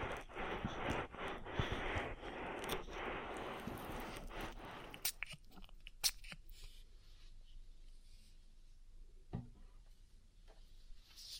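An oil ear massage gives a dense, slick rubbing and squishing for the first five seconds, with quick clicks and pops scattered through it. The sound then drops sharply to quieter, sparse touches, broken by a few sharp taps around six and nine seconds.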